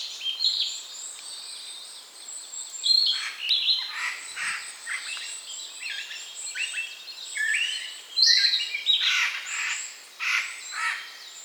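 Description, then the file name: Eurasian jay giving a varied series of harsh, rasping notes mixed with chirps and whistled notes. "Garrulus glandarius"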